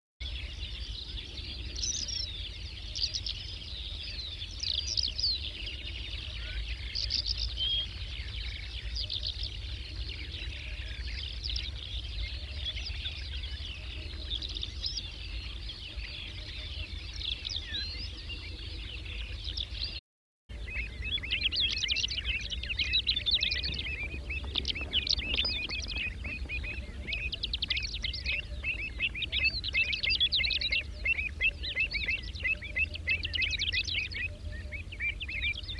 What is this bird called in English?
Greater Short-toed Lark